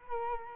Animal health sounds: mosquito wingbeat signal from an infrared sensor; Culex quinquefasciatus

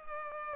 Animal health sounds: mosquito wingbeat signal from an infrared sensor; Culex pipiens

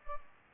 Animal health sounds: mosquito wingbeat signal from an infrared sensor; Culex pipiens

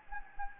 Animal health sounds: mosquito wingbeat signal from an infrared sensor; Anopheles gambiae

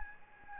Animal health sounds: mosquito wingbeat signal from an infrared sensor; Aedes albopictus

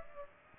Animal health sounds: mosquito wingbeat signal from an infrared sensor; Aedes aegypti

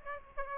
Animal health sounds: mosquito wingbeat signal from an infrared sensor; Aedes aegypti

